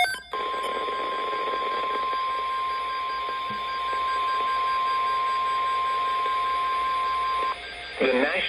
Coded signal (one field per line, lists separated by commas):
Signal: Emergency Alert System (SAME) tones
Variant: 1050 Hz attention tone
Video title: Severe Thunderstorm Watch 380# June 17 2022, St Louis Mo NWS EAS activation